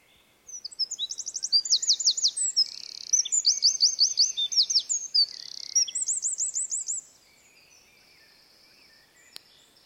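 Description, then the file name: Eurasian wren delivering an energetic song of shrill chattering notes and trilled runs for roughly six and a half seconds, followed by quiet with a single faint click. "Troglodytes troglodytes"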